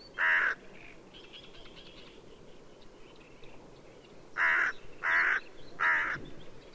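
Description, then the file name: Hooded crow cawing: one rasping caw, a pause, then three loud harsh caws in quick succession. "dolmanyos varju Corvus cornix"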